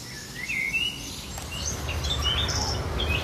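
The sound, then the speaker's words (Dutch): A Eurasian blackcap sings in a park in Leiderdorp, Netherlands, a run of quick, varied warbling phrases, bright and fluty, over a steady low rumble of background noise. “een zwartkop heerlijk zingen in Leiderdorp.”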